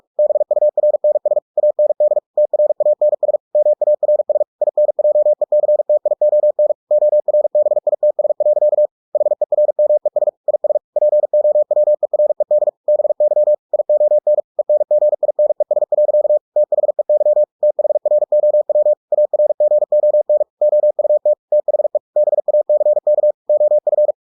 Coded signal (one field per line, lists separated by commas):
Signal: Morse code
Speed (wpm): 46 wpm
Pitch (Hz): 600 Hz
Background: none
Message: BURNS AND TRANS MARS INJECTION ORBITS. HERMES IS POWERED BY ION ENGINES. THEY THROW ARGON OUT THE BACK OF